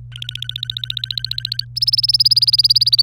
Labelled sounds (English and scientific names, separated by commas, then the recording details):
Domestic Canary (Serinus canaria) song
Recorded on 26 April 2018 at 15:33
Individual llb3